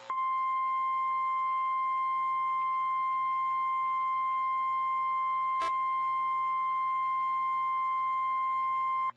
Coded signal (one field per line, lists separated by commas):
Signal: Emergency Alert System (SAME) tones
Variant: 1050 Hz attention tone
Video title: Required Weekly Tests 12/16/2020 (EAS #158-163)